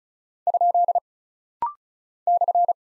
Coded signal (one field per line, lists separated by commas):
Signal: Morse code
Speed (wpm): 36 wpm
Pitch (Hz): 700 Hz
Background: none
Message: ? /